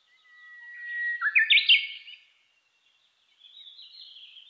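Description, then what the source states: Japanese bush warbler song: a long steady whistle swelling in loudness, then an explosive burst of rising notes, followed by a faint, high, wavering trill. Recorded 3 July 2010, 15:26.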